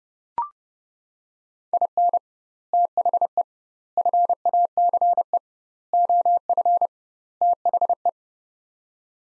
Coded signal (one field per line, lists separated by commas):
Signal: Morse code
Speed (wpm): 30 wpm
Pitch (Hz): 700 Hz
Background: none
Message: IN THE FACE OF THE